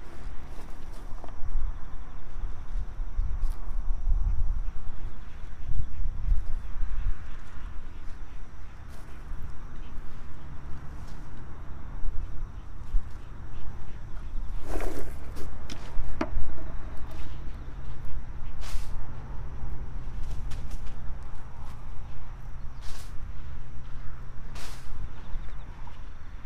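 Garlic planting on an autumn evening: steady insect trilling hums high above a constant low rumble of far-off traffic. Sharp scraping and tapping sounds from handling soil come in short bursts, mostly around fifteen to sixteen seconds and again near the end.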